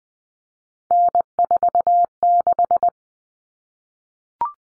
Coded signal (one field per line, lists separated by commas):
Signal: Morse code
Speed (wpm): 20 wpm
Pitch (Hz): 700 Hz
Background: none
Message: N46